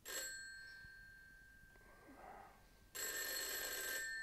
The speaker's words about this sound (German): schon um Mitternacht gestört, als sich das Telefon abermals hören ließ.